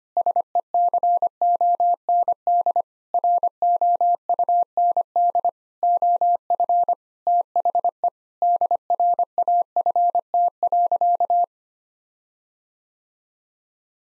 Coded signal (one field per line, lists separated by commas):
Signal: Morse code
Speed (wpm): 25 wpm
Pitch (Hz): 700 Hz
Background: none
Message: SECOND ROUND OF THE DRAFT.